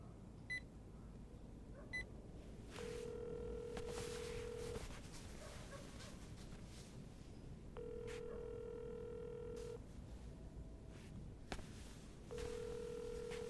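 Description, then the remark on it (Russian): A phone call from a hospital at 3 a.m.: a couple of short telephone dialing beeps, then a phone line ringing with three long, steady, buzzy ring tones, each about two seconds, separated by pauses, over a constant hiss. “Ну не вы же в конце концов будете звонить.”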